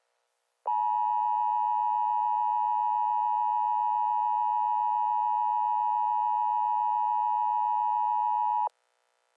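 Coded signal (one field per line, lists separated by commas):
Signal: Emergency Alert System (SAME) tones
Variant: 853 and 960 Hz attention tone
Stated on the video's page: Fictional remastered Christmas-themed EAS scenario, not a real alert.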